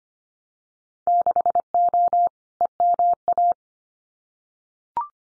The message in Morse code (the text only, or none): 6O EMA